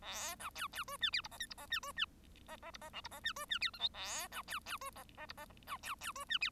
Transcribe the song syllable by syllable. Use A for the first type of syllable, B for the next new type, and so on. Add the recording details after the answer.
A B C C D E F G H I G H E D E H H G H J G H E D E F K L A B C C D H H G H H B C C D E F. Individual Bird1